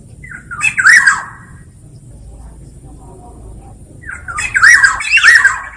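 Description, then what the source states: Black-naped oriole giving two harsh, nasal squawking bursts mixed with short fluty, wavering notes, about four seconds apart, over a low steady hum and a faint high whine. Singing loudly and continuously (gacor ngeplong); recording intended as training or therapy audio for songbirds.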